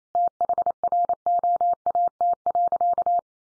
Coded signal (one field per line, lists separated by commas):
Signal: Morse code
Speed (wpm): 28 wpm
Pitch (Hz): 700 Hz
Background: none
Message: THROAT.